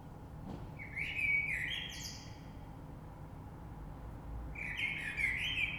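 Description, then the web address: Common blackbird song, two mellow warbled phrases with high squeaky endings, separated by a quiet gap of a few seconds. Recorded 3 March 2020. "oiseaux Rush Merle 3-3-2020"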